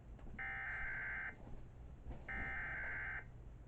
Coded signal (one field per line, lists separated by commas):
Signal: Emergency Alert System (SAME) tones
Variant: header bursts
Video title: EAS 719: Tennessee RMT